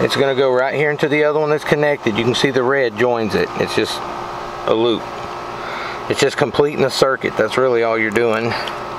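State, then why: Not seated. Someone talks while holding a plastic loop connector, with red wire joining it, up to the mating harness connector to complete the circuit while installing a Power Commander V on a 2019–2021 ZX6R. A steady background hum runs underneath. The loop connector has not seated or clicked into the mating connector yet.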